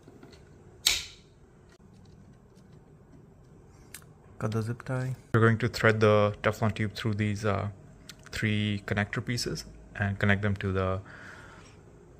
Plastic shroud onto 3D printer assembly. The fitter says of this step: there's an included shroud that needs to be clicked in place